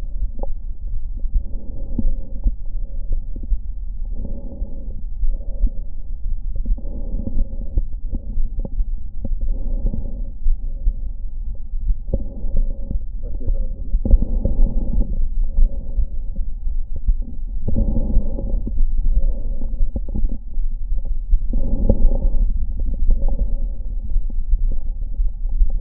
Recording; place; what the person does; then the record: lung sounds by stethoscope; right anterior apical chest; quiet breathing, then deep breathing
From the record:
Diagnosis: COPD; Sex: female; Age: 68 years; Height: 150 cm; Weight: 70 kg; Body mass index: 31.1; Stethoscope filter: diaphragm mode